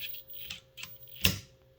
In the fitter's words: gonna click you hear that click that means it reached the torque setting set on this guy